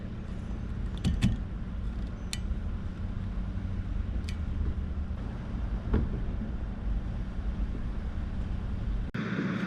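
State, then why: Not seated. A new wiper blade is being fitted onto the wiper arm of a 2019 Honda Civic, with a steady low vehicle hum and several short, sharp ticks around 1.0, 2.3, 4.3 and 5.9 seconds. None of these is a proper latch: the blade has not gone into the U-shaped hook and is not properly attached, so nothing has seated or clicked yet.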